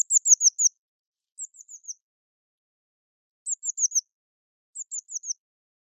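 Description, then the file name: Eurasian blue tit giving several runs of thin, high, falling notes, four or five to a run, some fainter than others, separated by brief silences. "Cyanistes caeruleus"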